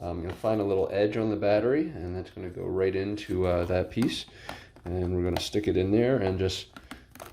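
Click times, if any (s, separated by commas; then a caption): none. Someone talks while lining up the edge of a plastic battery pack with the bottom of the handle of a Belife S11 cordless stick vacuum and pushing it in. A few faint, sharp ticks come near the end, at about 6.9, 7.2 and 7.2 seconds. The pack has not seated or clicked into the handle yet.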